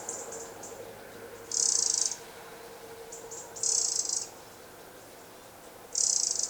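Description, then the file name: Eurasian wren calls: three harsh, high rattles, each about half a second long and roughly two seconds apart, with a few faint ticking notes. "Troglodytes troglodytes"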